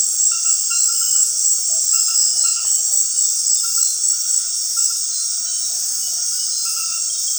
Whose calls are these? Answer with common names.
none